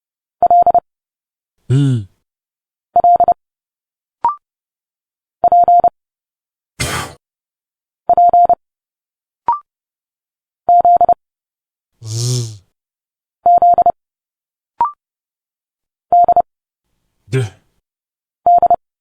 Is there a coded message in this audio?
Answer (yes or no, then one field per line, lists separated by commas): yes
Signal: Morse code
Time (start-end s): 0.4-18.7 s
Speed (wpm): 30 wpm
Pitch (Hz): 700 Hz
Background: speech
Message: L L P P Z Z D D